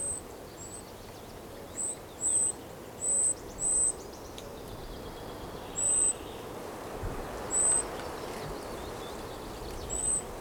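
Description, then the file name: Goldcrest: very high, thin, squeaky notes at irregular intervals across steady background noise. Song; Europe. "Wintergoldhaehnchen Gesang Voegel in Europa"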